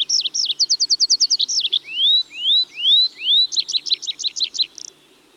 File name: Tree Pipit (Anthus trivialis)